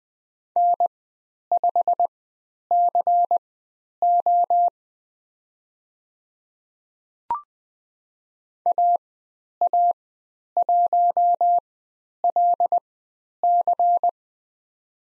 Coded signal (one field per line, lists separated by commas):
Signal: Morse code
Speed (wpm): 20 wpm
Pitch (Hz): 700 Hz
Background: none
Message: N5CO AA1LC